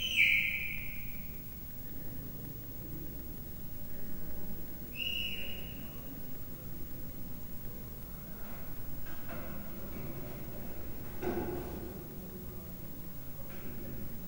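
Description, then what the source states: Leopard cub: two high whistled chirps in the first few seconds, then only soft rustling and low background noise for the remaining seconds. Three-month-old captive leopard cub chirping, recorded at Miskolc Zoo, Hungary, in 2009.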